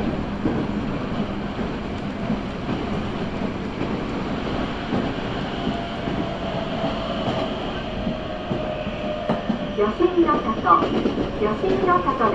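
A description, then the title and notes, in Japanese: A local train on the Nankai Line rolls along with a steady low rumble and rattling wheels. A faint high whine runs through it. After about ten seconds the noise grows rougher and louder, with clacks and squeals. 耳で楽しむ鉄道旅 南海電鉄南海線 普通 泉佐野→箱作。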